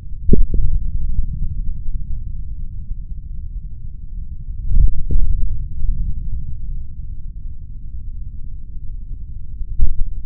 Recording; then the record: forearm muscle sounds (acoustic myography)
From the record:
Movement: tripod grip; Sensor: system 3, bracelet of six PUI Audio POM-2738L microphones around the upper forearm, with dedicated amplification and filtering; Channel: 1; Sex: male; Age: 26 years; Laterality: right